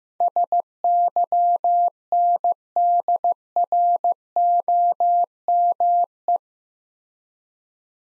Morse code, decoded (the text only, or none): SYNDROME